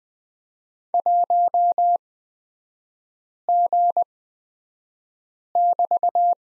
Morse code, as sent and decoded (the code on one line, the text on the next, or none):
.---- --. -...-
1G<BT>